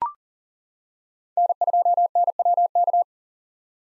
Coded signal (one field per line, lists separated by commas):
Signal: Morse code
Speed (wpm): 37 wpm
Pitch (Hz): 700 Hz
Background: none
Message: N2NWK